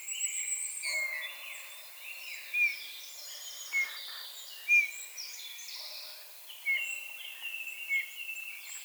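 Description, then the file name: Eurasian bullfinch calling with a few brief, downslurred piping notes at uneven intervals, partly buried under a dense background of other birdsong. "Pyrrhula pyrrhula"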